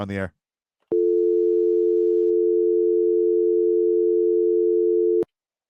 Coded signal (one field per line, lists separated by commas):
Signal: telephone call progress tone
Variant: North America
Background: speech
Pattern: dial tone